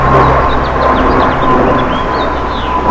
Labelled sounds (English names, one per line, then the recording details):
House Finch song
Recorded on Long Island, New York, on 8 June 2012
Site WH
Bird D